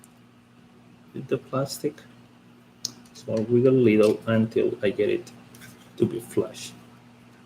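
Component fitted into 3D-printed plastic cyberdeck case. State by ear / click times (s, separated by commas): not seated / none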